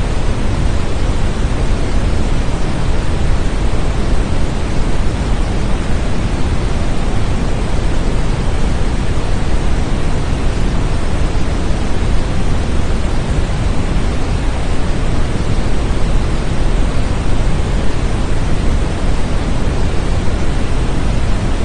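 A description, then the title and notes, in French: Steady red noise, a deep, rumbling hiss that stays completely even for the whole 22 seconds. The sound is weighted heavily toward the low end, with the upper hiss much softer and cut off well short of the very top, so it comes across as dark and muffled. Bruit rouge.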